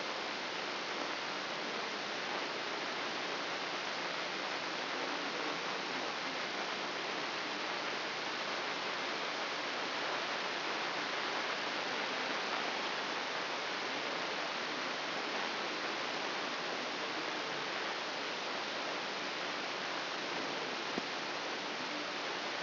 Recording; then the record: brain microelectrode recording played as sound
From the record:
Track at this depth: inside the subthalamic nucleus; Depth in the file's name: 5.307 mm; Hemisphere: left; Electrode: 3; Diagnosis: Parkinson's disease